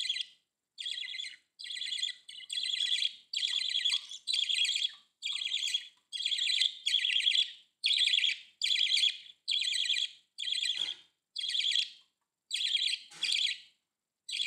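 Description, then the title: Budgerigar calls, a long series of buzzy, grating chirps, each under a second, repeated about once a second. "Budgie Sounds"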